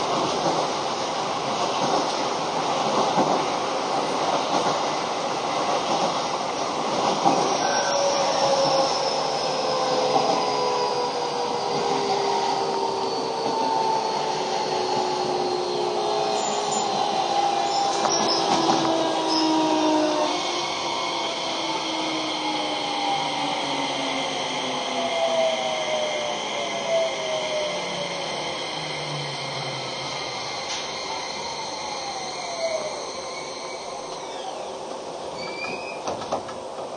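A Keio 5000 series train rolls along under a constant rumble. From about seven seconds, several whining motor tones glide steadily downward together as it slows, fading out near thirty seconds, while overall loudness eases and a brief high squeal appears near the end.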